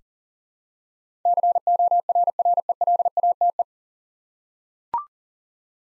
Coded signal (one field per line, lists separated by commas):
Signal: Morse code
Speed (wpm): 40 wpm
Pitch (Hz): 700 Hz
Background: none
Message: CORRELATE